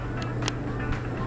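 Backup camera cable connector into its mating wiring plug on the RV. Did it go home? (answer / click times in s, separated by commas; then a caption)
yes / 0.5 s. A backup camera's wiring connector on a Grand Design Imagine RV is plugged into its mating plug at the roof mount, over a steady low hum. A single sharp click at 0.5 s marks the connector seating, with a softer burst near 0.9 s. The connector is then twisted slightly to check the connection.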